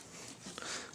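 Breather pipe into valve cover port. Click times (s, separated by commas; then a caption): 0.6 s. A greased plastic breather/PCV pipe is spun into the port on an engine valve cover until it clips in. A sharp click is heard at 0.6 s, followed by a brief louder rustle. The pipe is seated on the valve cover.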